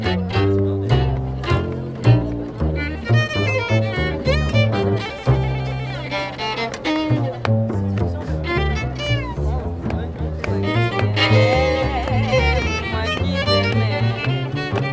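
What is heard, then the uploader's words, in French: Music plays at the Nuit Debout gathering on Place du Bouffay in Nantes: a dense, steady groove with a pulsing bass line under a wavering sung melody. Loudness stays even throughout, with a brief dip near five seconds and brighter notes around eleven seconds. Nuit Debout à Nantes Place du Bouffay.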